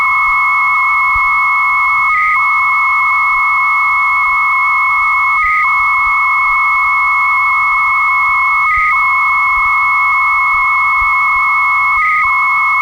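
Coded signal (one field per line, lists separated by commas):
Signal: 300-baud modem data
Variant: Bell 103 300 baud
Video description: Deux modems qui communiquent entre eux à 300bps pour transférer un fichier de 5ko.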